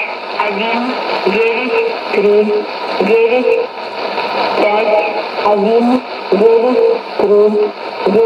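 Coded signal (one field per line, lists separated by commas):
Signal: numbers station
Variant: S06s, Russian language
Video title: 19 05 2017 Numbers station S06s Russian Lady in Russian to Eu 0944 on 9655 unknown tx site in CUSB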